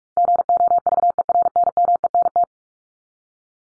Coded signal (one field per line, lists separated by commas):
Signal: Morse code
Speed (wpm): 44 wpm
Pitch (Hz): 700 Hz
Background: none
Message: GOVERNMENT